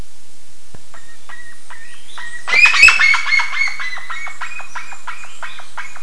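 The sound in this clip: Bird: a few sparse short notes, then a loud harsh burst of calling, followed by a series of clipped repeated notes.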